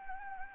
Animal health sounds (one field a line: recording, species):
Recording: mosquito wingbeat signal from an infrared sensor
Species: Anopheles gambiae